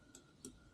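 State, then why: Not seated. A metal seal retaining clip is handled at the groove in the outer tube of a KYB 46mm motorcycle fork after the fork seal has been driven home. Two short, bright metallic ticks sound at about 0.2 s and 0.4 s over a faint steady hum. The clip has not yet seated or clicked into its groove.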